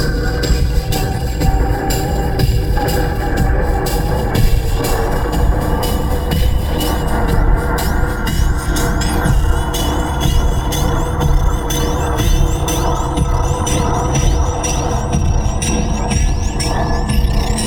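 Dense shaped noise with a strong low rumble and steady tonal lines running through it, pulsing in quick percussive bursts throughout. From about eight seconds, bright rising chirps repeat roughly every second over the churning, evenly loud texture.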